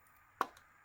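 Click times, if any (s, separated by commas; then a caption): 0.4 s. A plastic V clip on a Hattons Originals Class 66 model locomotive body shell is pressed onto the chassis. It gives a single sharp click at 0.4 s, followed by a faint tick around 0.6 s. The clip seats home.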